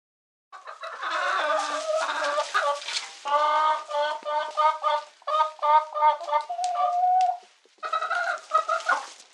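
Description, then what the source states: Chicken in distress, repeated loud squawks in quick irregular succession, some stretched into wavering cries, continuing almost without break. Chicken giving distress calls.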